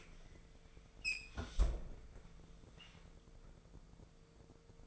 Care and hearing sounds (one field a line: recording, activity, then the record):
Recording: daily activity, microphone in the room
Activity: close fridge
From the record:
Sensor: 5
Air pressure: 1015.0 hPa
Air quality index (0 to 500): 176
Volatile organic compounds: 6 ppm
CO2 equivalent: 1936 ppm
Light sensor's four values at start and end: 62/144/61/65 and 61/140/60/64